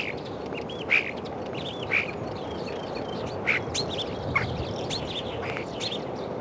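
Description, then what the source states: Common starling song, scattered short whistles and slurred chirps with a few louder sharp notes, against a steady low background hiss. Spring recording.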